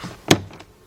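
A screwdriver pries the door trim panel of a BMW X5 away from the top, and a plastic retaining clip in the door frame pops loose with one sharp pop at 0.3 s. A fainter tick follows around 0.6 s before the sound dies back to quiet. The clip is released from the frame.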